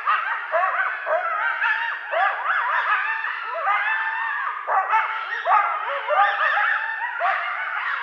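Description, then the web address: Coyotes in a chorus of overlapping yips, barks and wavering howls, continuous and shrill throughout. Several coyotes; recorded 12 November 2012. "Coyote 2012 11 12 Coyotes"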